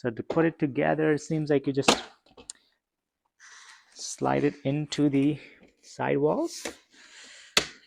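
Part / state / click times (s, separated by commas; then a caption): plastic panel into folding cabinet sidewall / seated / 7.6 s. Someone talks while a plastic shelf or back panel of a 5-tier folding storage cabinet is slid into the cabinet's sidewalls. A sharp snap at 7.6 s marks the panel seating into the sidewall.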